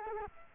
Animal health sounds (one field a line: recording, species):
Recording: mosquito wingbeat signal from an infrared sensor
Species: Culex quinquefasciatus